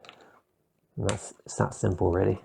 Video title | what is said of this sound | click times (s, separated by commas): New Camera: DJI Osmo Action | So you just pull that tab in on both sides, twist it, and it's free. | 0.1 s